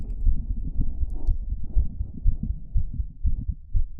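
Heart sounds heard through a stethoscope on the chest of an adult.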